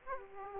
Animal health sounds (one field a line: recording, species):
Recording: mosquito wingbeat signal from an infrared sensor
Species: Aedes aegypti